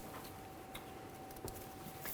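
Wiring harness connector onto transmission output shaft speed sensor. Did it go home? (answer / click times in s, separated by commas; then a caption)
no / none. The wiring harness plug is lined up and pressed onto the plastic connector of a new transmission output shaft speed sensor on a 1998–2011 Ford Ranger 2.3L L4. Quiet handling noise plays over a faint steady tone, with a brief sharp tick near 1.5 s. Nothing has seated or clicked in yet.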